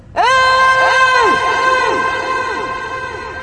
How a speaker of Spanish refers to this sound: No, no vuelvas a gritar